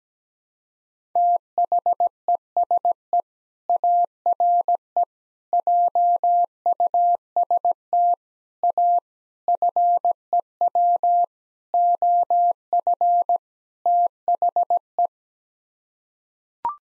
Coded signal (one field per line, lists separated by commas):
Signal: Morse code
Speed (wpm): 17 wpm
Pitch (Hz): 700 Hz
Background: none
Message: THESE ARE JUST A FEW OF THE